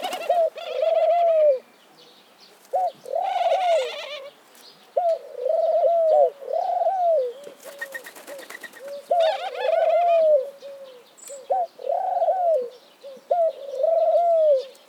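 Dove cooing, soft low hoots rising then falling, repeated many times, with a few higher chirpy bursts between some coos.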